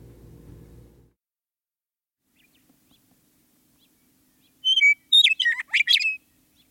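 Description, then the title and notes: Western meadowlark song after a brief low rumble at the start: a few seconds of quiet, then a fluty phrase of whistles breaking into a fast gurgling warble. "Western Meadowlark. Macaulay Library at Cornell Lab of Ornithology. Studio 360’s Remixing Spring Challenge"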